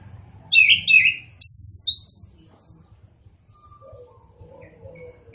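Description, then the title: Orange-headed thrush song: a tumbling phrase of mixed whistles and high squeaky notes. Indonesian name anis kembang, also called punglor kembang; bird described as gacor and ngeplong. "Anis Kembang Gacor. Anis Kembang Punglor Kembang Ngeplong"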